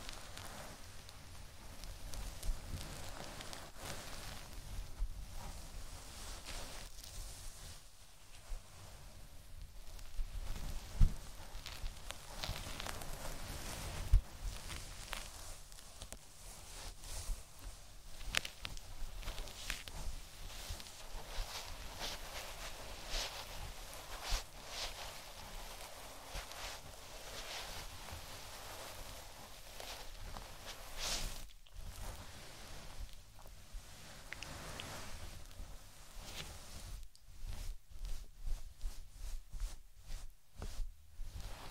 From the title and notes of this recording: ASMR ~BRAIN MELTING~ Scratching Your Fluffy Ears.